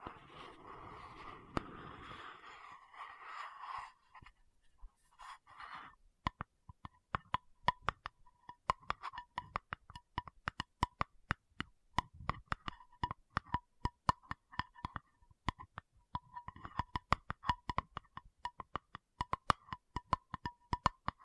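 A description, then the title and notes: Sharp tapping clicks, sparse then growing quicker and irregular after five seconds, following a muffled rustling, handling opening that fades near four seconds. ASMR 1 Hour Tapping Session (No Talking).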